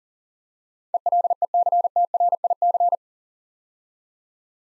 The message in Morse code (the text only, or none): ELECTRIC